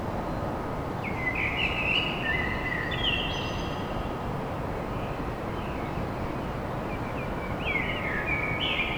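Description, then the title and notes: Common blackbird song, two phrases separated by a pause, over a continuous low rumble and a faint hum. Song at dawn in Paris, France. "Enregistrement d'un chant de merle à l'aube dans Paris"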